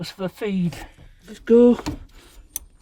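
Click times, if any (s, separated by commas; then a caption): 2.6 s. A fuel pump wiring connector on a 2004 Vauxhall Corsa C is pushed onto its socket on the pump unit, latching with a short, sharp click at 2.6 seconds. Someone talks before the click. The fuel pump feed connector is seated.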